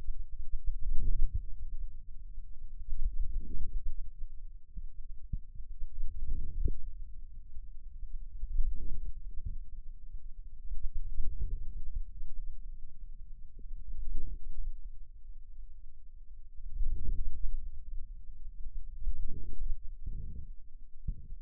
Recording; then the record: forearm muscle sounds (acoustic myography)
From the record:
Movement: hand closing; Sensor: system 2, bracelet of six BSWA MPA416 microphones around the upper forearm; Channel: 5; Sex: male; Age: 22 years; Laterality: right